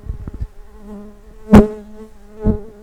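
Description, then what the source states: Common carder bee buzzing: a low, steady hum with a sharp knock midway and another softer one later, plus soft tapping at the start. Worker bees.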